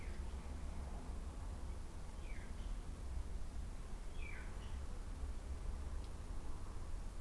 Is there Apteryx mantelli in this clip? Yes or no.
no